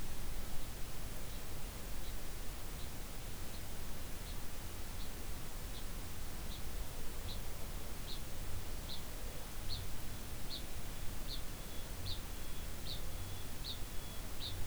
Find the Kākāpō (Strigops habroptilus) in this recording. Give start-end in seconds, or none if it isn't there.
0.02-14.66